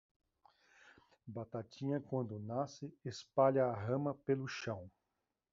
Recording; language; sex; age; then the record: short text; Brazilian Portuguese; male; 50 to 59 years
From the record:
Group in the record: control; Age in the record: 58 years